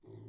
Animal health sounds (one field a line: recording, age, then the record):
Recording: pig call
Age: weaner (32 to 43 days)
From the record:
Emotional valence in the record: negative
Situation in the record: restrain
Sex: male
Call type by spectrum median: low-frequency call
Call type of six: low-frequency stable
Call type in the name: low-frequency stable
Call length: 0.29 s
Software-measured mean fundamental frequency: 40 Hz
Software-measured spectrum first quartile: 113 Hz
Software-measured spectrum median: 229 Hz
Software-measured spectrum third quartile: 421 Hz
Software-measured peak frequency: 370 Hz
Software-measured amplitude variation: 151 dB a second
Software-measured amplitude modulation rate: 22.0 a second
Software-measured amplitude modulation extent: 6.8 dB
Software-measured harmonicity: 0.0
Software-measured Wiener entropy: 0.79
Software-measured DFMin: 1242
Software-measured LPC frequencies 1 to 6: 334, 1993, 3456, 4135, 5055, 7041 Hz